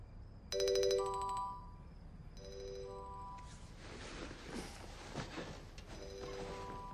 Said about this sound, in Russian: На столике возле кровати, где спит пожилая женщина, звонит телефон.